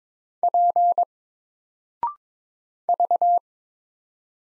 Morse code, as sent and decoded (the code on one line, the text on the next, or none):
.--. / ...-
P V